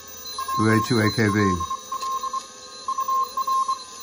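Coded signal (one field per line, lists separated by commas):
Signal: Morse code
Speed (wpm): 24 wpm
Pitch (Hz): 1060 Hz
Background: speech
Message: WELL UR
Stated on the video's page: CW conversations heard in the evening on the 40 meter amateur band with a simple homebuilt direct-conversion receiver: bandpass filter, mixer, oscillator, audio amplifier.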